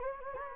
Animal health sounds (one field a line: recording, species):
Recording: mosquito wingbeat signal from an infrared sensor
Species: Anopheles gambiae